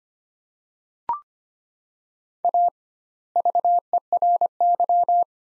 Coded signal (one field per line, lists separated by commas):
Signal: Morse code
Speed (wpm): 25 wpm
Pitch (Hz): 700 Hz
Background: none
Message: A VERY